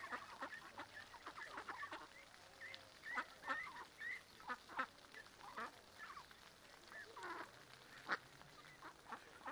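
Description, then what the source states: Mallards giving short chattering notes mixed with high thin peeping chirps, busy and irregular, over a background wash of running water. Adults, half-grown birds and small ducklings with their mothers on a small river in a park, Griñón, Madrid, Spain; Sunday afternoon; excited when people feed them; Zoom H1n recorder.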